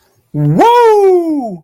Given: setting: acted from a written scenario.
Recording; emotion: vocal sound without words; triumph